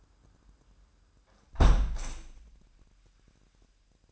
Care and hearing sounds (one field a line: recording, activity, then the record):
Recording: daily activity, microphone in the room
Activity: close window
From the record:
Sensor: 2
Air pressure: 998.5 hPa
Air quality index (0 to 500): 128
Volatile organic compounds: 3 ppm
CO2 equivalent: 1454 ppm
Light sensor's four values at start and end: 6/15/6/7 and 6/15/6/7